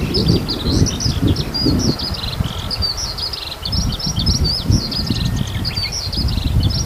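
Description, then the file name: Eurasian skylark singing a fast, continuous warble of sharp, high twittering notes over a rough, gusty wind noise. "hibari"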